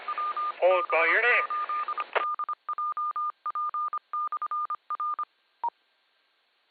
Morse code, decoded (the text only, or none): WB8DJP/R